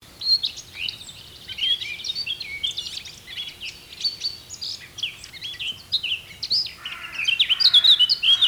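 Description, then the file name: Eurasian blackcap giving a fast, chattering warble of varied high notes, growing louder and brighter in the final seconds. "Sylvia atricapilla"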